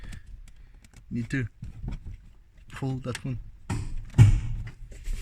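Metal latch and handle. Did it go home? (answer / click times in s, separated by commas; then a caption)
released / 3.7 s, 4.7 s. Someone talks while pulling the red bonnet release handle inside a Volvo 850. Two clicks sound at 3.7 s and 4.7 s as the bonnet latch pops open, and the bonnet is released.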